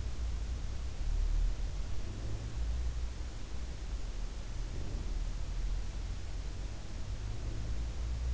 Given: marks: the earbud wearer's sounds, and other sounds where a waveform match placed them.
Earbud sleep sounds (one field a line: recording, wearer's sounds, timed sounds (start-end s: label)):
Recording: sounds in sleep by an in-ear microphone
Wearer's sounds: breath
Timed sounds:
1.56-2.86 s: breath
4.19-5.40 s: breath
6.96-8.34 s: breath